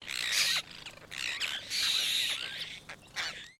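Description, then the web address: Apostlebird group calling, a dense chorus of harsh, scratchy squawks and chatters overlapping in bursts, with brief pauses between loud stretches. "Foundation Updates BIRD APOSTLE BIRD"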